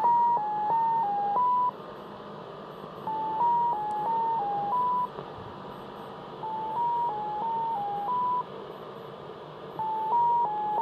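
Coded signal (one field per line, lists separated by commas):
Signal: numbers station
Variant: X06 Mazielka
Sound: repeating sequences of five short steady tones near 1 kHz, each group followed by a pause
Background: radio static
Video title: SW DX - X06 Mazielka Numbers Station, received in Sofia, Bulgaria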